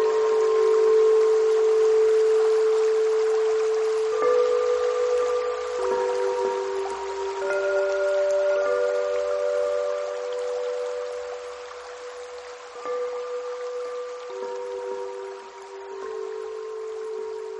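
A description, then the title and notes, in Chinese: Bells ring from afar on a mountain night, their long tones humming and overlapping, with a new strike and a shift in pitch every few seconds, around four, six, thirteen and fifteen seconds. A steady soft hiss runs underneath throughout. 深山禅钟 - 大山的夜晚从远处传来的钟声。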